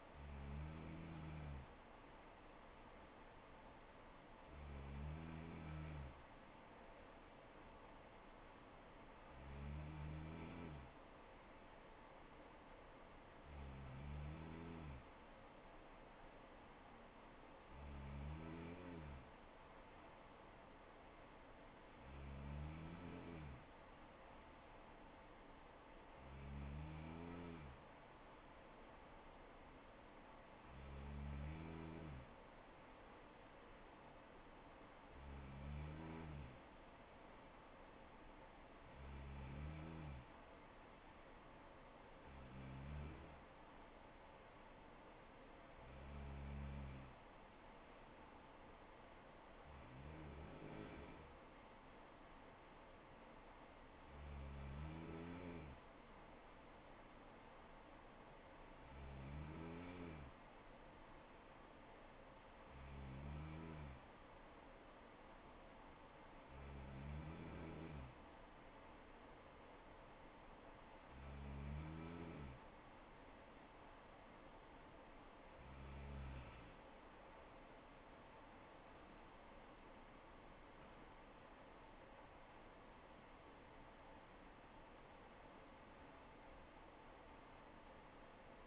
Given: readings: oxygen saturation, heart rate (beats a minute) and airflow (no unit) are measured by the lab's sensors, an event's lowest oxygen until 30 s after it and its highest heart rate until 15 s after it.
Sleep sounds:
breathing in sleep by a voice recorder at the bedside; 1
55.00-77.10 s: hypopnea (N3, oxygen 95% highest, then 94% lowest, heart rate 65 at the start, 84 highest)
66.00-88.67 s: new sleep stage, N2 (light sleep)
From the record:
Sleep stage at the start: N3 (deep sleep); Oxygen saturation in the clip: 94 to 95%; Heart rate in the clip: 63 to 84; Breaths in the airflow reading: 23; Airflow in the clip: -7.2 to 8.9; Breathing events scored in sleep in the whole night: 79 in 6.3 hours asleep

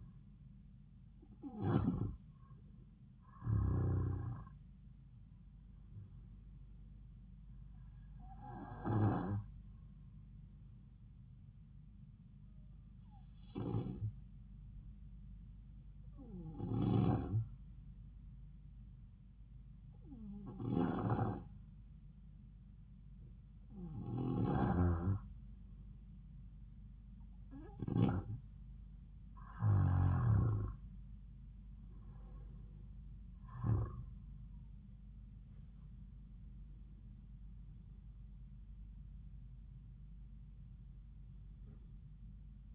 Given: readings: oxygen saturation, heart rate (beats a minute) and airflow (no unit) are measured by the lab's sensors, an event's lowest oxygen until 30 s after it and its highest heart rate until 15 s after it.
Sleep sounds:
breathing in sleep by a smartphone at the bedside; 1
12.00-28.60 s: hypopnea (N2, oxygen 95% highest, then 92% lowest)
From the record:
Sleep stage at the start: N2 (light sleep); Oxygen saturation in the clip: 91 to 95%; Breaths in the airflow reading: 12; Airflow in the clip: -6.3 to 9.2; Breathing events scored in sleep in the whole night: 270 in 6.1 hours asleep

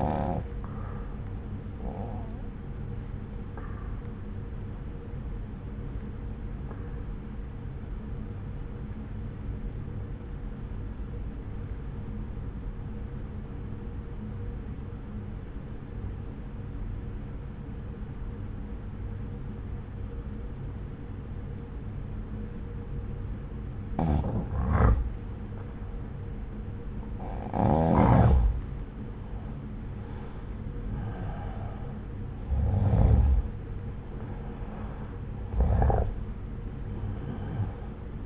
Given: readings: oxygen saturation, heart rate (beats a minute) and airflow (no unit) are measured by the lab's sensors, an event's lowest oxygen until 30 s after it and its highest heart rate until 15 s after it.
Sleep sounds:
breathing in sleep by a smartphone at the bedside; 1
4.00-25.40 s: obstructive apnea (N2, oxygen 91% highest, then 86% lowest)
35.00-38.26 s: new sleep stage, N1 (lightest sleep)
From the record:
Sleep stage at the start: N2 (light sleep); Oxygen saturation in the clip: 86 to 93%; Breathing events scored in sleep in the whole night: 303 in 8.1 hours asleep

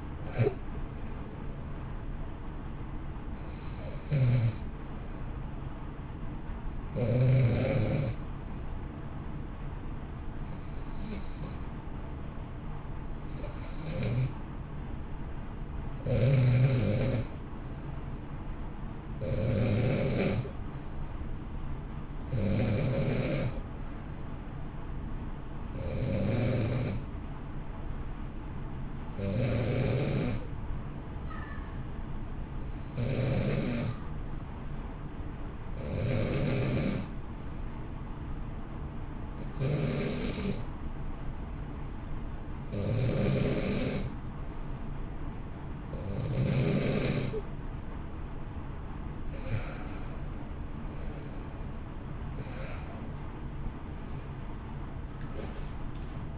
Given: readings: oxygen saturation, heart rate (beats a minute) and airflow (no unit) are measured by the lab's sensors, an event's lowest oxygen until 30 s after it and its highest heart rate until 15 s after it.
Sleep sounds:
breathing in sleep by a smartphone at the bedside; 1
17.00-47.50 s: hypopnea (N1, oxygen 93% highest, then 88% lowest, heart rate 59 at the start, 71 highest)
25.00-55.00 s: new sleep stage, N2 (light sleep)
55.00-56.38 s: new sleep stage, N1 (lightest sleep)
From the record:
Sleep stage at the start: N1 (lightest sleep); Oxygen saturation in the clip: 89 to 93%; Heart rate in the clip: 58 to 67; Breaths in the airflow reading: 17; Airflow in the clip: -1.4 to 2.3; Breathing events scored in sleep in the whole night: 328 in 6.3 hours asleep

